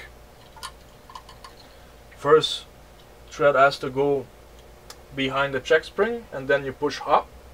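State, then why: Not seated. Thread is being handled at the tension check spring of an OMEGA 307 sewing machine, guided behind the spring and pushed up. Someone talks, with a few faint soft ticks early on and a brief sharp tick near 4.9 seconds. Nothing has clicked or locked into the check spring yet.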